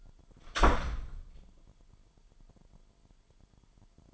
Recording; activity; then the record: daily activity, microphone in the room; close door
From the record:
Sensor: 5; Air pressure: 998.4 hPa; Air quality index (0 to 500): 82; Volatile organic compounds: 1 ppm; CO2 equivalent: 930 ppm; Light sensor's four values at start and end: 31/75/31/34 and 31/74/31/34